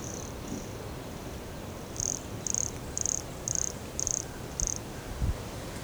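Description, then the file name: Pumpkin toadlet giving six clear, high-pitched buzzy notes in a steady run, preceded by two faint ones. Recorded at Morro do Canal in January 2017, 150 cm from the microphone. "Brachycephalus sulfuratus Morro do Canal 150 cm from microphone LFRibeiro JAN-2017"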